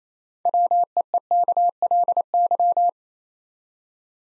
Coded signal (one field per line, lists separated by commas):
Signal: Morse code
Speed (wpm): 28 wpm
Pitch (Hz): 700 Hz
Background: none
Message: WEEKLY